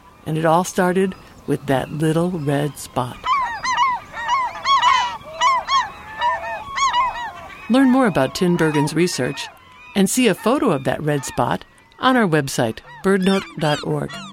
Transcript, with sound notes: And it all started with that little red spot. [Bugling calls of gulls] Learn more about Tinbergen’s research — and see a photo of that red spot — on our website, BirdNote.org.